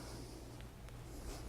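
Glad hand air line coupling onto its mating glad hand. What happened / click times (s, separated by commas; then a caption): The air line couplings snapped together and locked / 0.6 s, 0.9 s. Two rubber-sealed glad hand couplings on trailer air lines are held at a 90° angle and twisted together against a steady low background hum. Brief sharp clicks sound at 0.6 s and 0.9 s as the glad hand snaps onto its mating glad hand and locks in place, seated.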